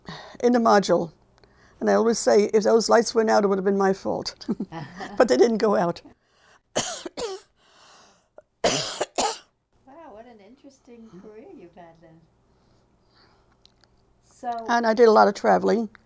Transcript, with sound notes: in the module. And I always say if those lights went out it would have been my fault. (they laugh) But they didn't go out. (she coughs)
Wow. What an interesting career you've had then. So...
And I did a lot of travelling.